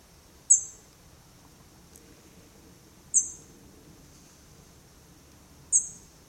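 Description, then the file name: European robin giving thin, very high single calls, three in all, spaced about two and a half seconds apart over quiet background. "Erithacus rubecula"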